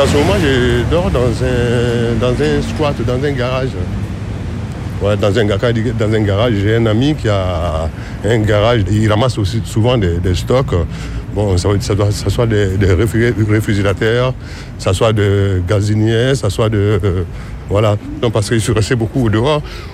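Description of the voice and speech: A low-pitched man speaks French in near-continuous bursts, repeating whole words and part-words and drawing out sounds mid-phrase. This disfluent pattern is stuttering. Faint street or traffic noise sits behind.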